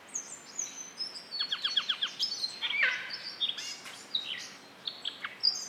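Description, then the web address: Yellow-throated scrubwren singing: a rapid string of high, clipped notes and a short stuttering trill, with sharp whistled slurs and chips scattered throughout. "Yellow throated scrubwren. صدای-پرنده-خس-نشین-گلوزرد"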